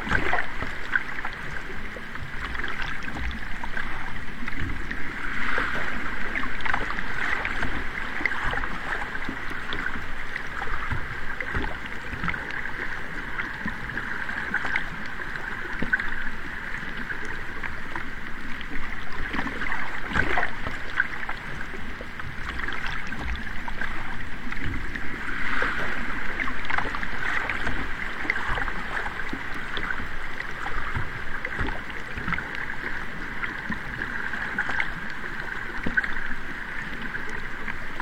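A river rushes steadily, a dense, unbroken wash of churning water with a bright hissing edge and a soft low rumble underneath. The level barely changes, with only small surges around five, twenty and twenty-five seconds.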